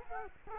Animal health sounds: mosquito wingbeat signal from an infrared sensor; Culex quinquefasciatus

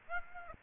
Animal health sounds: mosquito wingbeat signal from an infrared sensor; Aedes aegypti

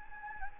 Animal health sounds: mosquito wingbeat signal from an infrared sensor; Anopheles gambiae

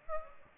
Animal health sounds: mosquito wingbeat signal from an infrared sensor; Aedes aegypti

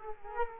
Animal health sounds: mosquito wingbeat signal from an infrared sensor; Culex quinquefasciatus

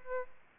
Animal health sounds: mosquito wingbeat signal from an infrared sensor; Aedes albopictus

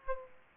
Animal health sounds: mosquito wingbeat signal from an infrared sensor; Aedes aegypti

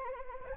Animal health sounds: mosquito wingbeat signal from an infrared sensor; Anopheles arabiensis

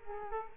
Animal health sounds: mosquito wingbeat signal from an infrared sensor; Culex quinquefasciatus

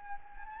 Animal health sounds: mosquito wingbeat signal from an infrared sensor; Anopheles gambiae

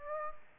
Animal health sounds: mosquito wingbeat signal from an infrared sensor; Aedes aegypti

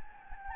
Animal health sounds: mosquito wingbeat signal from an infrared sensor; Anopheles gambiae

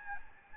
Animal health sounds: mosquito wingbeat signal from an infrared sensor; Aedes albopictus

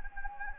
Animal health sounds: mosquito wingbeat signal from an infrared sensor; Anopheles gambiae

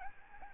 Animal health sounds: mosquito wingbeat signal from an infrared sensor; Aedes albopictus

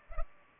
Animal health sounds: mosquito wingbeat signal from an infrared sensor; Culex pipiens

